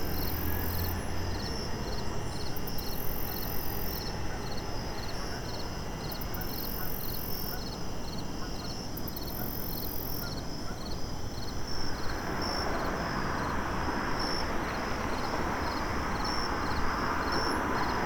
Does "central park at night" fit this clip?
yes